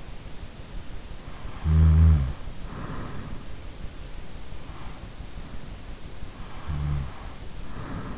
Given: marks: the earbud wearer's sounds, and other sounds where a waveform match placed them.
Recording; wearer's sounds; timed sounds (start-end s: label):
sounds in sleep by an in-ear microphone; snoring breath
1.49-3.25 s: snoring breath
6.57-8.18 s: snoring breath